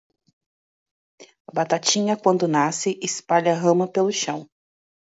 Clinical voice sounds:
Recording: short text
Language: Brazilian Portuguese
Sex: female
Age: 30 to 39 years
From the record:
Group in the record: control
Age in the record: 36 years

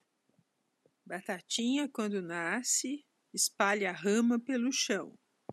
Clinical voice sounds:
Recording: short text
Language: Brazilian Portuguese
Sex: female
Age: 60 to 69 years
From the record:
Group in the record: control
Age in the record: 69 years

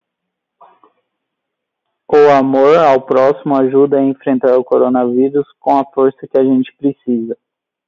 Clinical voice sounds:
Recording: spoken sentence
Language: Brazilian Portuguese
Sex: male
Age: 20 to 29 years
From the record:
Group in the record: control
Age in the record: 22 years

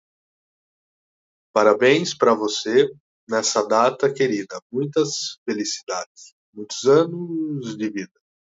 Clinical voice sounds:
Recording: short text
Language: Brazilian Portuguese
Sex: male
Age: 40 to 49 years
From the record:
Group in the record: control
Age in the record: 42 years

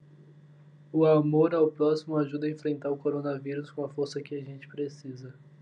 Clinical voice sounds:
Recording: spoken sentence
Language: Brazilian Portuguese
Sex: male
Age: 20 to 29 years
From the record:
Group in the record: control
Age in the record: 24 years

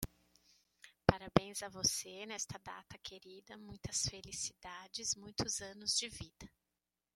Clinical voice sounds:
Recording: short text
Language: Brazilian Portuguese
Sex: female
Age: 40 to 49 years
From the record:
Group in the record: control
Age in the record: 47 years

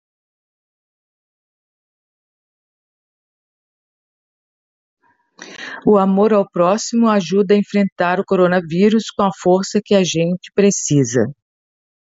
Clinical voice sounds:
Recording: spoken sentence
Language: Brazilian Portuguese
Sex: female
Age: 60 to 69 years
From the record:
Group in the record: control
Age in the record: 62 years

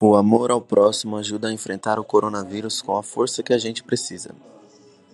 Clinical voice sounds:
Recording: spoken sentence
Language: Brazilian Portuguese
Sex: male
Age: 20 to 29 years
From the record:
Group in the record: control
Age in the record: 24 years

